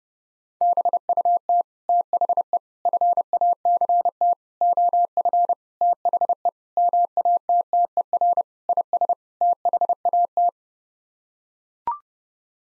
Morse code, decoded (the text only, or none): BUT THE FACT OF THE MATTER IS THAT